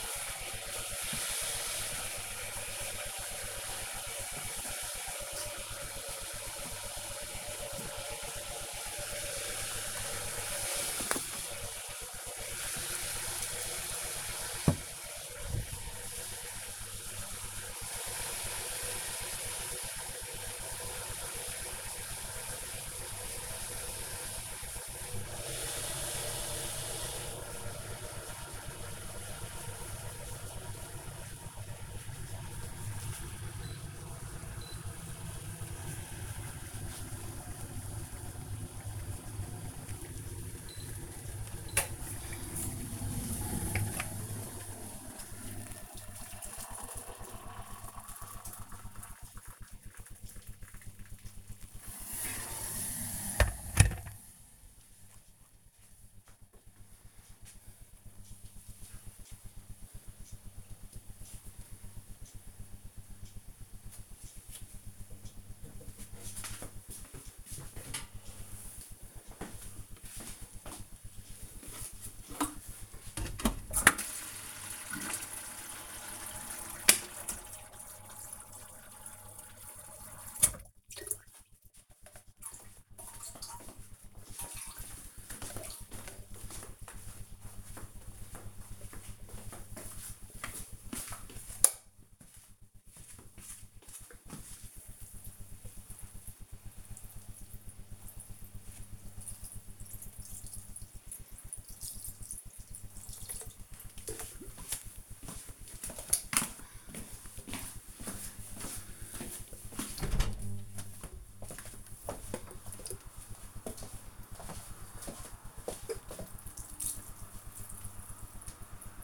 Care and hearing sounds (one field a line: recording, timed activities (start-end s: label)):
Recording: household activities, microphone on the right wrist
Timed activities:
0.00-56.09 s: making tea
72.21-119.04 s: watering plant